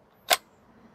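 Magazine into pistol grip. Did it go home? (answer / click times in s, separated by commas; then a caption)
yes / 0.3 s. A pistol magazine is pushed into the pistol grip until it seats, giving a single sharp, bright click at 0.3 s. The magazine clicks home and is confirmed seated, with only quiet low background before and after.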